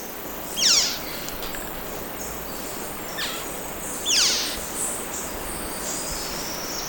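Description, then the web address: Slaty antwren calls: two loud, steeply descending high notes about three and a half seconds apart, with fainter similar notes between, over a steady hiss of background noise. Recorded in Ecuador. "Birds of Ecuador 2. Slaty Antwren"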